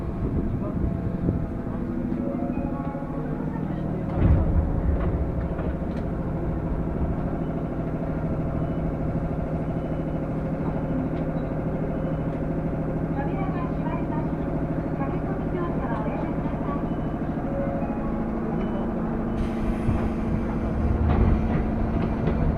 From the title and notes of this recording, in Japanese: 耳で楽しむ鉄道旅 南武線・南武支線・鶴見線。